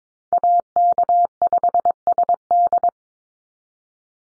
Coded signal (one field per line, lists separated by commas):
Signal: Morse code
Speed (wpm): 22 wpm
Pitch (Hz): 700 Hz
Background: none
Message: AK5SD